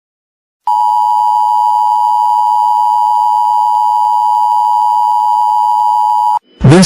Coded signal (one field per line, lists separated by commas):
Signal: Emergency Alert System (SAME) tones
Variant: 853 and 960 Hz attention tone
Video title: EAS Comedy: Animals Hack The Emergency Alert System